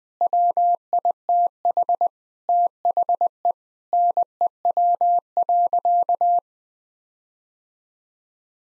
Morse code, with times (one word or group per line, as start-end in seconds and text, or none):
0.2-2.1 WITH
2.5-3.5 THE
3.9-6.4 NEW.